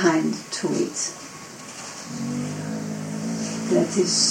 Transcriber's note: long growl from one of the dogs